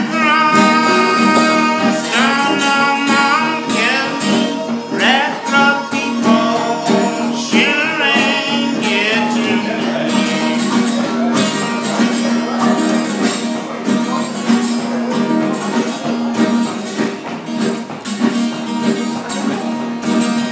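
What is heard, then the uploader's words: A band plays steadily throughout, loud and dense, with sustained chords, a low held bass line and crisp regular percussion hits. A wavering, voice-like melodic line rises over the mix in the first half, around two to eight seconds in. Band playing during intermediates of the podcast I'm speaking at at Amen World HQ.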